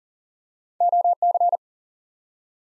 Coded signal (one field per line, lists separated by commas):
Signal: Morse code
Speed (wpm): 38 wpm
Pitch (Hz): 700 Hz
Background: none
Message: OC